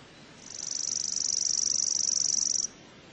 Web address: cotor. Chipping Sparrow